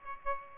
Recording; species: mosquito wingbeat signal from an infrared sensor; Aedes aegypti